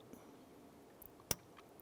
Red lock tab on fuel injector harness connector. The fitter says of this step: you can see it and hear it pop up